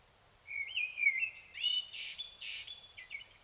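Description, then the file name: Common blackbird delivering a clear fluted phrase followed by several harsh, high twittering bursts. "Turdus merula"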